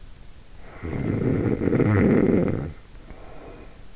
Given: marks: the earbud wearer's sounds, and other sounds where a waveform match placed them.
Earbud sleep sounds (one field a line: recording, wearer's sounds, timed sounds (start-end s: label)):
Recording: sounds in sleep by an in-ear microphone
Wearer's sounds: snoring breath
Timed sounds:
0.57-3.89 s: snoring breath